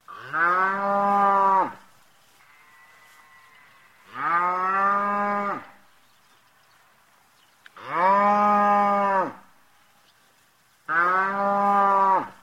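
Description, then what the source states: Cow mooing: four long, steady, harmonic moos, each over a second long, repeating about every three and a half seconds with near silence between them. Ringtone.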